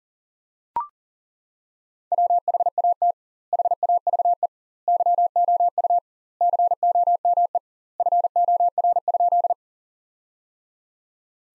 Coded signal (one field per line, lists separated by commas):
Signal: Morse code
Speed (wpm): 37 wpm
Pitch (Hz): 700 Hz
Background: none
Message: WHAT HAVE YOU COME FOR?